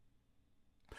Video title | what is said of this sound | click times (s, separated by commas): Tekky Toys Rosemary Setup | You should also hear the click when each pole is correctly connected together. | 0.9 s